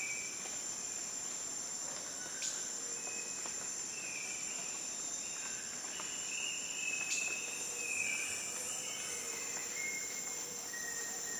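Jungle atmosphere with a dense, steady wall of high insect buzzing and shrill cricket-like trills running the whole time. Scattered bird calls and whistles rise through the middle, with a few sharp chirps near two and seven seconds, over a quiet, even background.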